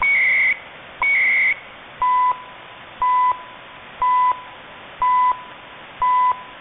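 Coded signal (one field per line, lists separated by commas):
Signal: radio time signal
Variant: CHU, 300-baud timecode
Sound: two warbling data bursts, then five short 1 kHz beeps, one per second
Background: radio static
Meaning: Each 1 kHz tick marks one second; the FSK bursts carry the time code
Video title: Canadian CHU HF time signal at 7850 kHz in AM mode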